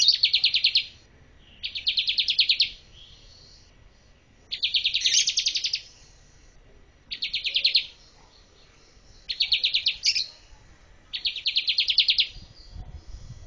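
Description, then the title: Bar-winged prinia uttering repeated short buzzy rattles, six bursts about a second each with gaps between them. Female. "Burung Ciblek Betina"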